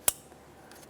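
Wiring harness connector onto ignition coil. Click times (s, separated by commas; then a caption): 0.1 s. An electrical connector on the engine wiring harness of a 2009–2010 Pontiac Vibe 2.4L is pressed onto an ignition coil during a valve cover gasket replacement. A single sharp, bright click sounds at 0.1 s, followed by a faint, softer sound around 0.7 s. The connector is confirmed seated.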